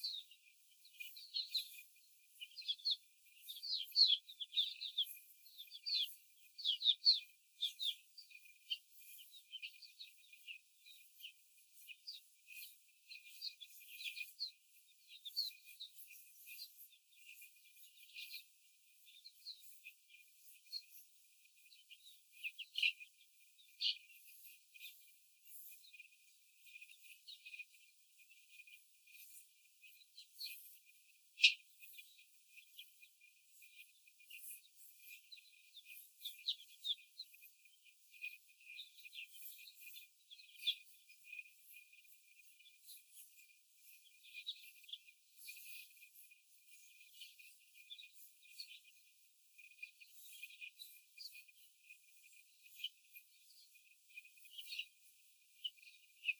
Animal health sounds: young laying hens in a cage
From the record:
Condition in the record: before the stressor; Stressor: simulated dog barking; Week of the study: 4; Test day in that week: 1

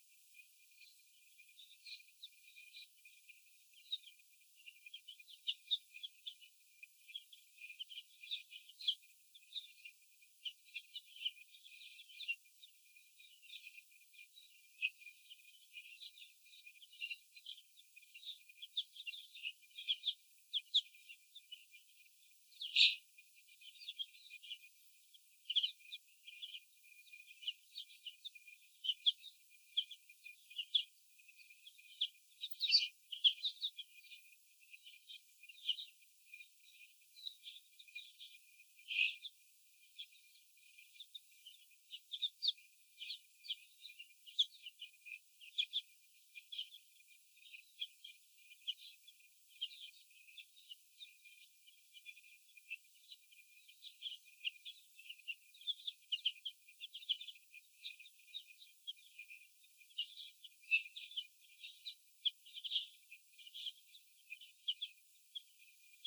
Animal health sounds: young laying hens in a cage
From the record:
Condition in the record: before the stressor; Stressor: sudden umbrella opening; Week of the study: 2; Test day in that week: 1

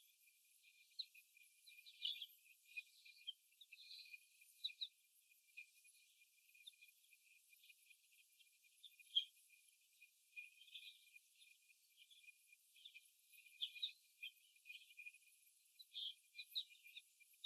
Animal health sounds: young laying hens in a cage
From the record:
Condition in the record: before the stressor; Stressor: simulated dog barking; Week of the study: 1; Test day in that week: 1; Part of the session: 3

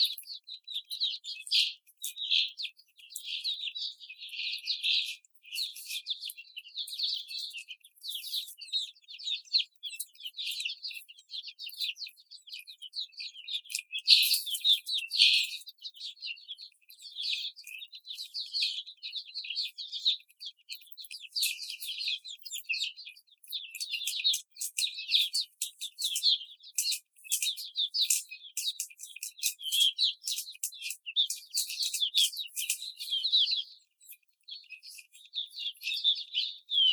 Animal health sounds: young laying hens in a cage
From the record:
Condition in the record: after the stressor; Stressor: simulated dog barking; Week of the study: 4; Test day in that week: 2

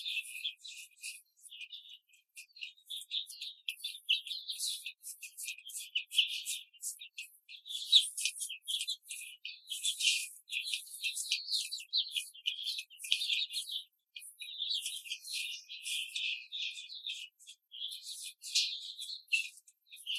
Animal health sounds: young laying hens in a cage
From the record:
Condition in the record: control cage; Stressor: none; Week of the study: 5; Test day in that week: 1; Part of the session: 3

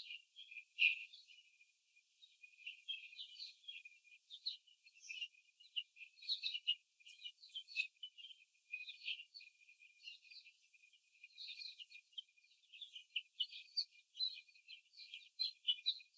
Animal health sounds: young laying hens in a cage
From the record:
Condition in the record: after the stressor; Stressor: simulated dog barking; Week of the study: 3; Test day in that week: 1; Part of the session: 3

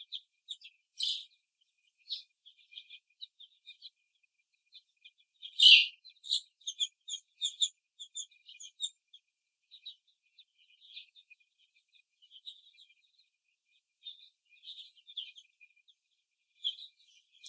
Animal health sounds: young laying hens in a cage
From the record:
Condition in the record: before the stressor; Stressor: simulated dog barking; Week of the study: 1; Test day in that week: 2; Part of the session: 2

